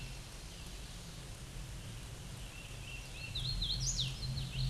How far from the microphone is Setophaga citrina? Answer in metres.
about 20 m